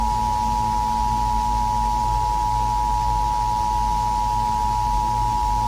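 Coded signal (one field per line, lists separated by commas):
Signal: Emergency Alert System (SAME) tones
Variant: 853 and 960 Hz attention tone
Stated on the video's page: Simulated EAS scenario.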